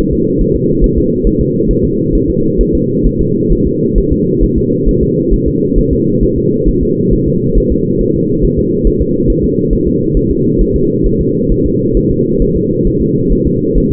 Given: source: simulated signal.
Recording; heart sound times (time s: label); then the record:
fetal heart sounds
0.13 s: S2
0.41 s: S1
0.56 s: S2
0.84 s: S1
0.98 s: S2
1.27 s: S1
1.41 s: S2
1.71 s: S1
1.85 s: S2
2.15 s: S1
2.30 s: S2
2.61 s: S1
2.75 s: S2
3.06 s: S1
3.21 s: S2
3.52 s: S1
3.67 s: S2
3.98 s: S1
4.12 s: S2
4.44 s: S1
4.58 s: S2
4.89 s: S1
5.03 s: S2
5.33 s: S1
5.48 s: S2
5.78 s: S1
5.93 s: S2
6.23 s: S1
6.38 s: S2
6.69 s: S1
6.83 s: S2
7.13 s: S1
7.28 s: S2
7.58 s: S1
7.72 s: S2
8.01 s: S1
8.16 s: S2
8.44 s: S1
8.59 s: S2
8.87 s: S1
9.02 s: S2
9.30 s: S1
9.44 s: S2
9.73 s: S1
9.87 s: S2
10.17 s: S1
10.31 s: S2
10.61 s: S1
10.76 s: S2
11.06 s: S1
11.21 s: S2
11.52 s: S1
11.66 s: S2
11.97 s: S1
12.11 s: S2
12.42 s: S1
12.56 s: S2
12.87 s: S1
13.02 s: S2
13.32 s: S1
13.47 s: S2
13.78 s: S1
13.92 s: S2
From the record:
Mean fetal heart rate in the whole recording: 135 bpm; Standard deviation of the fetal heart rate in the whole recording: 3 bpm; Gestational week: 36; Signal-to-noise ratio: -11.2 dB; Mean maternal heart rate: 72 bpm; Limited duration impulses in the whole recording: present